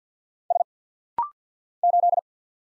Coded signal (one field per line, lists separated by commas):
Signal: Morse code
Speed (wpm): 48 wpm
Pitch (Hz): 700 Hz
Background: none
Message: S 8